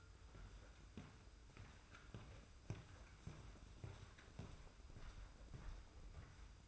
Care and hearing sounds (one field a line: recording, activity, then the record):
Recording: daily activity, microphone in the room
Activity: walk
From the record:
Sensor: 2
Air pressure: 990.6 hPa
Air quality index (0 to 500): 181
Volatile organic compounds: 1000 ppm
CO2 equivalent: 5745 ppm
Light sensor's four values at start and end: 27/63/26/26 and 24/57/23/23